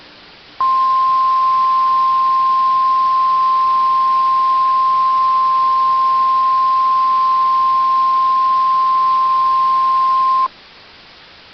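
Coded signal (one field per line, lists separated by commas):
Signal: Emergency Alert System (SAME) tones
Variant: 1050 Hz attention tone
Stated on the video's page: Simulated EAS scenario of a nuclear missile alert.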